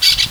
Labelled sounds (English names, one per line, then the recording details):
Brown-throated Parakeet contact call
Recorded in Venezuela
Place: Guárico; Corozopando; Fundo La Fe
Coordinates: 8.506, -67.593